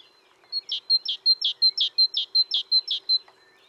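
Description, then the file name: Great tit: a rapid, even run of about seven bright two-part notes, each a high thin tone followed by a lower chip. "Parus major"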